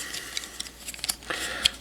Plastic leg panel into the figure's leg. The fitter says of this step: there we go that one's snapped into place